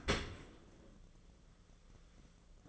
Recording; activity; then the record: daily activity, microphone in the room; open dishwasher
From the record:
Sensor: 4